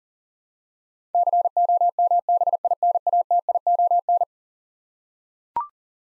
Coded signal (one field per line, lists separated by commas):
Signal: Morse code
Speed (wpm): 40 wpm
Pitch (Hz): 700 Hz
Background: none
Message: COMBINATION